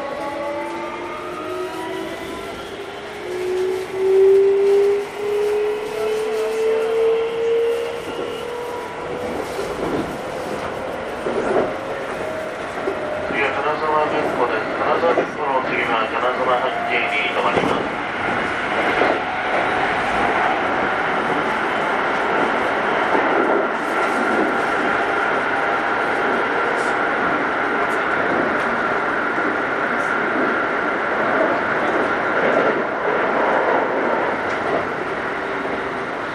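A Keikyu New 1000 series aluminum train runs between stations, its motor whine rising steadily in pitch over the first ten seconds as it accelerates. A dense, even rumble of wheels on track follows, with clicks and brief clatters scattered throughout and faint voices underneath.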